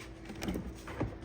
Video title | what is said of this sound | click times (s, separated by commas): Replacing the Power Lift Gate Strut Shock on a Ford Explorer. | and it locks right into place. | 0.4 s